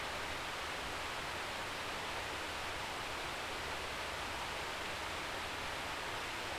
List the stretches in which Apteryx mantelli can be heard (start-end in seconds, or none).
none